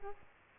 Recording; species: mosquito wingbeat signal from an infrared sensor; Aedes aegypti